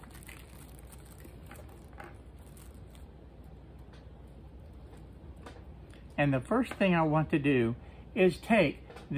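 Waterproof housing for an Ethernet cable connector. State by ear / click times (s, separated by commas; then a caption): not seated / none. A plastic water-resistant housing for the Ethernet (Cat 5) cable connection of a home security camera system is picked up and handled before it is fitted, giving a few faint taps over a quiet background. Someone talks from about 6 seconds on. Nothing has seated or clicked yet.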